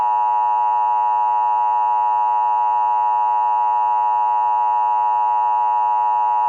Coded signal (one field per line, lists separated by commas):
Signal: Emergency Alert System (SAME) tones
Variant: 853 and 960 Hz attention tone